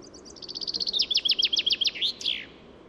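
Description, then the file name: Common chaffinch song: a trill of high notes that grows into stronger, more spaced notes, ending in a bright downward flourish. "Fringilla coelebs"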